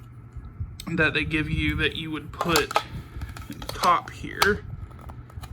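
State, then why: Seated. A third, separate plastic add-on piece is fitted onto the top of a Mighty Morphin Power Rangers Lighting Collection Power Morpher toy while someone talks. Light plastic handling clicks and taps come between the phrases, and the piece snaps into place with a click at 5.4 s.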